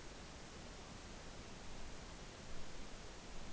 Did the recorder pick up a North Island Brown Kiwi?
no